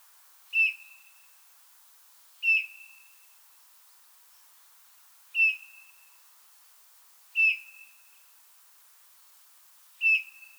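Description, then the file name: Eurasian bullfinch uttering five mellow, down-slurred piping whistles at uneven intervals of two to three seconds, over a quiet background. "Pyrrhula pyrrhula"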